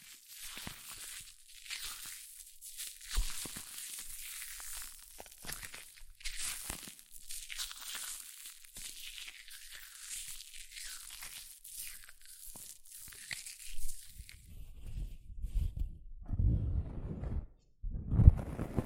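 Hair mousse fizzes and crackles in a dense, bright hiss of tiny pops that swells and thins in irregular waves throughout. Near the end, around sixteen and eighteen seconds, louder low rumbling bursts break in, like handling or squishing the foam.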